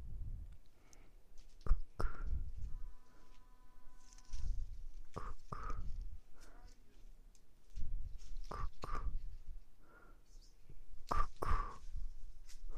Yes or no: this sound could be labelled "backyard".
yes